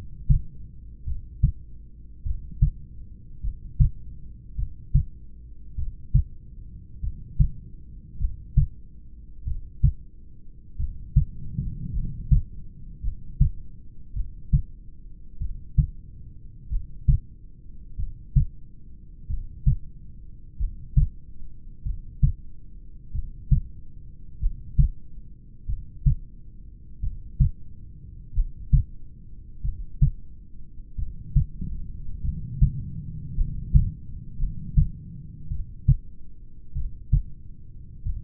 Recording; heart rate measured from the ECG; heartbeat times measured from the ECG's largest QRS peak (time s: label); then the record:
heart sounds by stethoscope; 49 bpm
1.09 s: heartbeat
2.28 s: heartbeat
3.46 s: heartbeat
4.60 s: heartbeat
5.80 s: heartbeat
7.05 s: heartbeat
8.23 s: heartbeat
9.49 s: heartbeat
10.82 s: heartbeat
11.97 s: heartbeat
13.06 s: heartbeat
14.18 s: heartbeat
15.43 s: heartbeat
16.74 s: heartbeat
18.01 s: heartbeat
19.32 s: heartbeat
20.62 s: heartbeat
21.88 s: heartbeat
23.17 s: heartbeat
24.44 s: heartbeat
25.71 s: heartbeat
27.05 s: heartbeat
28.38 s: heartbeat
29.66 s: heartbeat
31.01 s: heartbeat
32.26 s: heartbeat
33.40 s: heartbeat
34.41 s: heartbeat
35.53 s: heartbeat
36.78 s: heartbeat
38.08 s: heartbeat
From the record:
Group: heart failure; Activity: rest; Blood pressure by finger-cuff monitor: 127/73 mmHg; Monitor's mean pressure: 85 mmHg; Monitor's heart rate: 48 bpm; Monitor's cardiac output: 5 L/min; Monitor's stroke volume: 102 mL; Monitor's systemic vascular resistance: 1270 dyn s/cm5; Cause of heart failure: familial cardiomyopathy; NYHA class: 1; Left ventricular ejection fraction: 49%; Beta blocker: bisoprolol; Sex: male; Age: 31 years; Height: 194 cm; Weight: 96 kg